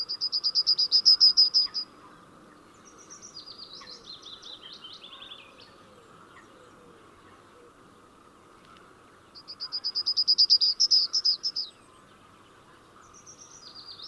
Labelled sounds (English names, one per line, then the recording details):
Yellowhammer song
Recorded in the wild
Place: Bergen, Mecklenburg-Vorpommern, DE
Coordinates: 54.44, 13.46
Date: 1975-05-03
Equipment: Nagra III BH, Sennheiser MD 21, parabola
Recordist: Schubert, Michael